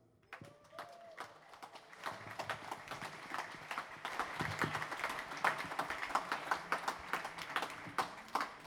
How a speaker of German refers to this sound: Ihr habt jetzt alle geklatscht, weil das wirklich auch ein wichtiges Thema ist.